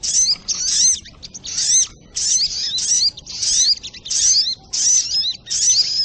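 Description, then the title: Spiderhunter song: nine or so quick bursts of thin, high, squeaky notes, each with rapid up-and-down slurs, separated by short gaps. Training audio (masteran); labelled Labaik. "Sogok Ontong Labaik"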